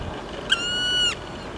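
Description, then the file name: Black woodpecker giving a single drawn-out, plaintive whistled note lasting just over half a second, against a steady background hiss. "zhelna"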